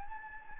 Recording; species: mosquito wingbeat signal from an infrared sensor; Anopheles gambiae